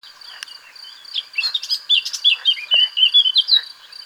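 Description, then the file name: Eurasian blackcap singing a quick scratchy warble that turns into clear fluty whistled notes, over a steady high drone. "Sylvia atricapilla"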